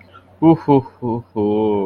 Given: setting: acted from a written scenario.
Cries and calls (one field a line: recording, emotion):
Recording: vocal sound without words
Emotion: ecstasy